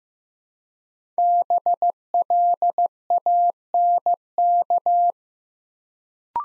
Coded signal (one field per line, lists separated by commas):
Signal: Morse code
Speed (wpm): 15 wpm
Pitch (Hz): 700 Hz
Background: none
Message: BLANK